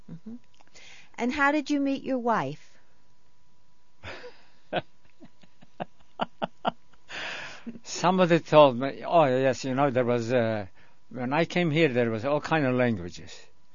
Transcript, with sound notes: Uh-huh. And how did you meet your wife?
( he laughs ) Somebody told me, oh, yes. You know, there was, when I came here there was all kind of languages.